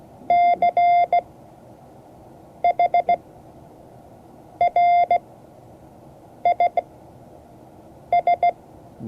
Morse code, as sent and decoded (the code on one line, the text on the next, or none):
-.-. .... .-. .. ...
CHRIS